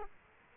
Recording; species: mosquito wingbeat signal from an infrared sensor; Aedes aegypti